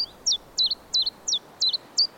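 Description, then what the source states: Common Chiffchaff song: a steady series of high, sharp downslurred notes repeated about every third of a second, varying slightly in pitch, over faint background hiss. Song, described as cheerful and fairly repetitive.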